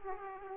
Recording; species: mosquito wingbeat signal from an infrared sensor; Aedes aegypti